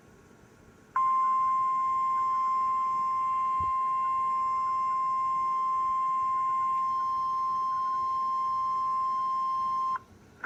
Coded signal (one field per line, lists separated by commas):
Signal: Emergency Alert System (SAME) tones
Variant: 1050 Hz attention tone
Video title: EAS Archive 4-5-22 SVR for bunches of counties in GA and SC EAS #167